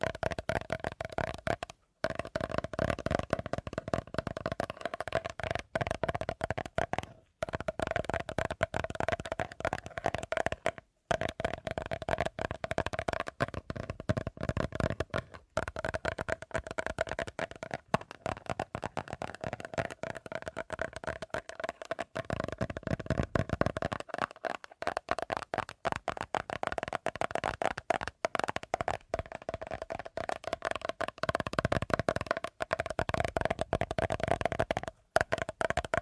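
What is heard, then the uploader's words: Fast tapping runs almost without pause, a dense stream of sharp, rapid clicks with a faint ringing tone underneath. The rhythm stays busy and even throughout, broken only by brief gaps of silence near 2, 7, 11, 15 and 35 seconds. ASMR 1 Hour Fast Tapping for Sleep (No Talking).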